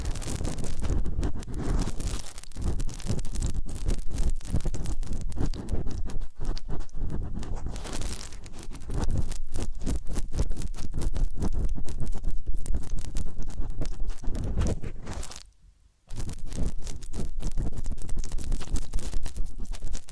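Massage and ear-cleaning sounds: dense, continuous scratching and rubbing with rapid crackly bursts, briefly falling silent around sixteen seconds before resuming.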